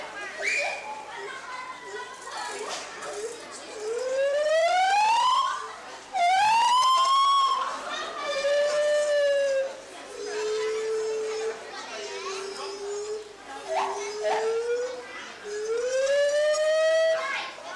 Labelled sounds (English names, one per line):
Lar Gibbon